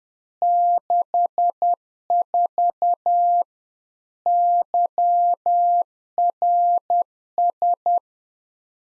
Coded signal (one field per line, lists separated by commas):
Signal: Morse code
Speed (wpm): 10 wpm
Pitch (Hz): 700 Hz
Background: none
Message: 64 YRS